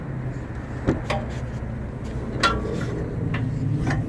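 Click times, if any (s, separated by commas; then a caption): none. The steel swing-out arm of a dual swing-out rear bumper on a 2019 Toyota Tacoma TRD Off Road is handled one-handed as it is swung toward its latch. Short knocks and clunks land at about 0.9, 1.1, 2.4, 3.4 and 3.9 seconds over a steady low rumble. The arm latch has not locked into place yet, and nothing has seated by the end.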